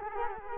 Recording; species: mosquito wingbeat signal from an infrared sensor; Culex quinquefasciatus